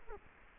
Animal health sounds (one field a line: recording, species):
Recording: mosquito wingbeat signal from an infrared sensor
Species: Culex quinquefasciatus